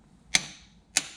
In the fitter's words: there's your click